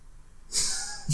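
After a quiet half-second, a single noisy, hissing breath sound with a faint low rumble rises and fades: one snore from a sleeping dog. A brief low tone starts at the very end.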